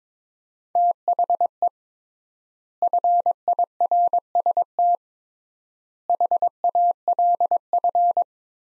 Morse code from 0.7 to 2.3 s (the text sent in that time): THE